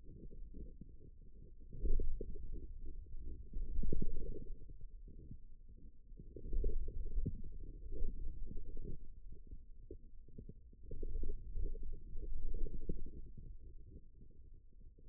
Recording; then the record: forearm muscle sounds (acoustic myography)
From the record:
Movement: wrist flexion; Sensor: system 2, bracelet of six BSWA MPA416 microphones around the upper forearm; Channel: 6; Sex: male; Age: 22 years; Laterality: right